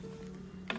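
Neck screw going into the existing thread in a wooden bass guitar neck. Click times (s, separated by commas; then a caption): 0.7 s. A neck screw is turned backwards in its old hole in the wooden neck of a Kraftsman electric bass guitar while the neck is being bolted to the body. Over a steady low hum, a single sharp click at 0.7 s marks the screw's thread dropping into the existing thread, so the screw is seated.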